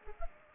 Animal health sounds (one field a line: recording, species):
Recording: mosquito wingbeat signal from an infrared sensor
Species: Culex pipiens